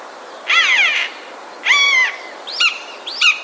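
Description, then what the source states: Eurasian jay calling two raspy, harsh screeches in quick succession, followed by two shorter, clipped notes. Alarm call recorded on 9 March 2016.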